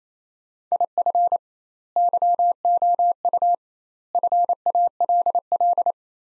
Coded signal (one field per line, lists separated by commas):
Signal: Morse code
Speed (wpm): 28 wpm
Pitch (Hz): 700 Hz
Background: none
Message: IF YOU FALL